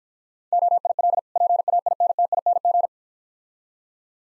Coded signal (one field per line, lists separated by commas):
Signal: Morse code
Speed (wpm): 50 wpm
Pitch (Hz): 700 Hz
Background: none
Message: OIL PAINTING